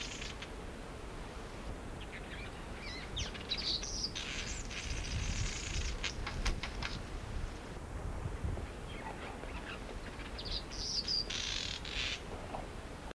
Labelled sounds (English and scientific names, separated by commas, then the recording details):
Southern Masked Weaver (Ploceus velatus) call
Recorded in captivity
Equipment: Halbspur, 9,5 cm/s
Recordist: Lütgens, Hans